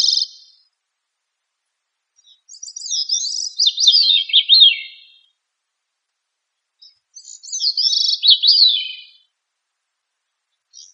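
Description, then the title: Thrush song: two high, rapid warbling phrases of tumbling slurred notes about five seconds apart, with brief notes at the start and end; otherwise silent. Bird of the family Turdidae, locally called sabiá. "Familia Turdidae - Sabia"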